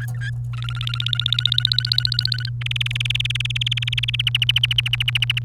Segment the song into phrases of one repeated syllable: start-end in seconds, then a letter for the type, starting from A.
0.14-0.30 A, 0.53-2.49 B, 2.61-4.21 C, 4.27-5.39 D